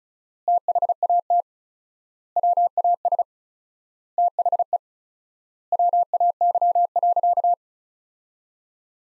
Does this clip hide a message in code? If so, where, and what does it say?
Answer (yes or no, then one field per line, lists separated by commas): yes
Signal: Morse code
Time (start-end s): 0.5-7.5 s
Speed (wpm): 34 wpm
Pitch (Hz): 700 Hz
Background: none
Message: THAT WAS THE WAY.